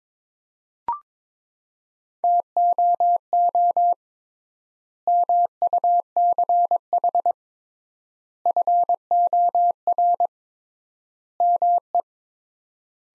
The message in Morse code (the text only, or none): TOO MUCH FOR ME